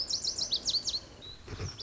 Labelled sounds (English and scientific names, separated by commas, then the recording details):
Lazuli Bunting (Passerina amoena)
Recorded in Sonoma County, California